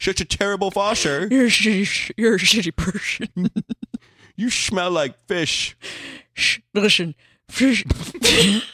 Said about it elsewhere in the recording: Like he's got a bit of a lisp. I have a severe lisp, so shitting. Everyone, our whole family has severe lisps.